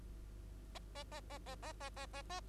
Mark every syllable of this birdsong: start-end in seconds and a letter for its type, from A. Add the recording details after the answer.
0.75-0.79 A, 0.95-1.03 A, 1.12-1.20 A, 1.30-1.38 A, 1.46-1.55 A, 1.62-1.73 A, 1.80-1.90 A, 1.96-2.06 A, 2.13-2.22 A, 2.30-2.40 A. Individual Bird2